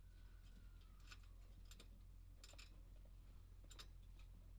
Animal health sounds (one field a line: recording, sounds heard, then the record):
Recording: poultry house recording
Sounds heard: healthy chickens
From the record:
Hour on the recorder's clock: 21